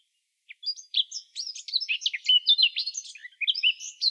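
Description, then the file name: Eurasian blackcap producing a rapid scratchy warble of high varied notes, starting after about half a second of silence and continuing to the end, with a quiet background. "Sylvia atricapilla"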